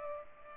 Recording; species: mosquito wingbeat signal from an infrared sensor; Culex pipiens